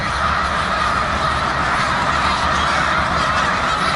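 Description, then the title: Snow goose: snow geese, a massed din of overlapping honking calls from many birds, constant and loud across the short stretch. Snow geese, plural, at the Beaudet reservoir in Victoriaville. "Oies blanches au réservoir Beaudet, Victoriaville"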